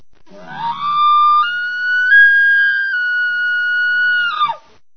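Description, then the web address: Elk bugle: a short low grunting start sweeps up into a long, high, pure whistled tone held for several seconds, then breaks off with a quick falling slur. Bull. "bowsite. elkcontest elk 2001 soundfiles bull"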